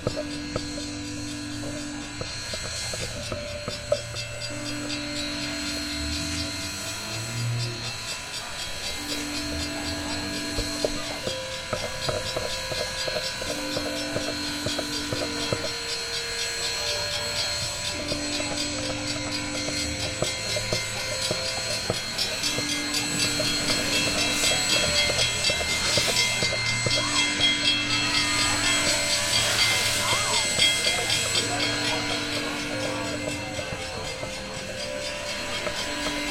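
A collage of digital sounds and field recordings. A low, pure tone switches on and off about every three and a half seconds, with shorter, higher tones in between, over a steady hiss that swells into a louder rushing wash around 25 to 32 seconds.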